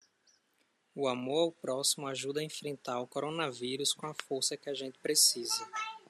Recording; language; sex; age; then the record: spoken sentence; Brazilian Portuguese; male; 30 to 39 years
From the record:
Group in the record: control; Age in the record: 31 years